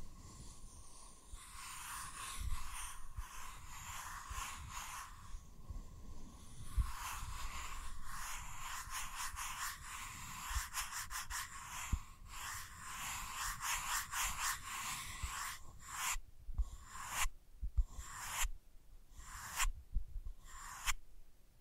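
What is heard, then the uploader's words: Soft tracing on a sensitive surface, a dry scratchy rubbing that runs almost without pause for the first half. After about fifteen seconds it breaks into short separate strokes with brief silences between them, each a crisp bright scrape. Faint low thumps sit underneath. ASMR Sensitive Tracing (No Talking).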